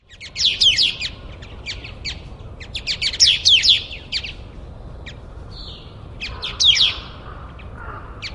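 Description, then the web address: Pale thrush giving several short bursts of sharp, clicking chirps, with a thin high whistle between the later bursts, over steady background hiss. Recorded in Taiwan. "白腹鶇"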